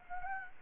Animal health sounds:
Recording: mosquito wingbeat signal from an infrared sensor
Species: Anopheles gambiae

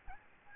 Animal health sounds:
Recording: mosquito wingbeat signal from an infrared sensor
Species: Aedes albopictus

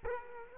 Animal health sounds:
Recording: mosquito wingbeat signal from an infrared sensor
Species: Culex quinquefasciatus

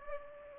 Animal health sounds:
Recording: mosquito wingbeat signal from an infrared sensor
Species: Aedes aegypti

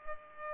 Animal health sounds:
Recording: mosquito wingbeat signal from an infrared sensor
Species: Culex pipiens

